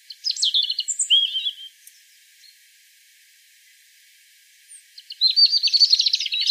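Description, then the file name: European robin song: a brief warbled phrase, several seconds of near silence, then a dense, fast twittering trill at the end. "Erithacus rubecula"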